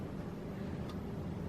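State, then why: Not seated. A PC part is slid into place and pressed down to snap it into a motherboard slot or latch. Only a steady low background hum is heard, with a faint brief high tone near 0.9 s. The part has not clicked down yet.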